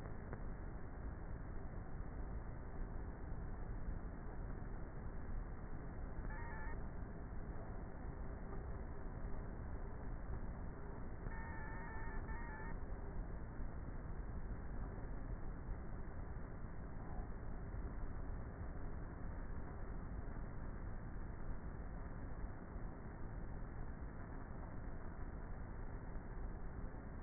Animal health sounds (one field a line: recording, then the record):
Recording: honeybee colony, microphone inside the hive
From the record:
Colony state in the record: queenless with a low population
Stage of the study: before two queens were removed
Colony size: about 30,000 bees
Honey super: no